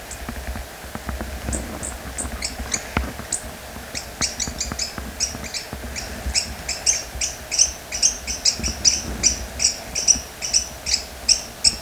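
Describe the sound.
Bird calls, faint and scattered at first, then building into a steady, rapid run of sharp high chirps, with low background noise throughout.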